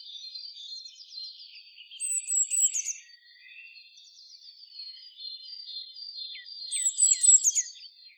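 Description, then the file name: Eurasian blue tit song: two short high phrases of rapidly repeated thin notes. "Cyanistes caeruleus"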